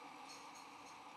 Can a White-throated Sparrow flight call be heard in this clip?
no